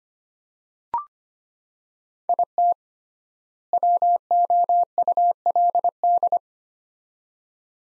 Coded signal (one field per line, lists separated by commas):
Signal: Morse code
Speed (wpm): 25 wpm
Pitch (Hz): 700 Hz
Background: none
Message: IT WOULD